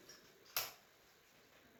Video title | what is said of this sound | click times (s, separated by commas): Konseling Penggunaan DPI Diskus pada Pasien Asma Persisten Sedang oleh Kelompok 4A | Dan setelah itu jangan lupa ya, Ibu untuk e diskusinya ditutup kembali hingga berbunyi klik. | 0.6 s